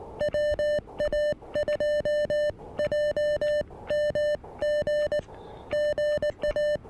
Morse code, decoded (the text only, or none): WA2JMG GA